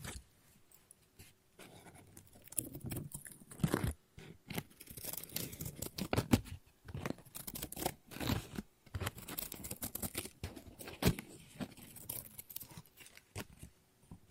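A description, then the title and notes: Paper is cut and snipped with scissors in a near-continuous run of short, crisp strokes, starting quietly and then keeping up a busy, uneven pace. Sharper snaps stand out now and then, around four, six, eight and eleven seconds. ASMR Scissors No Talking Snips and Cutting Paper.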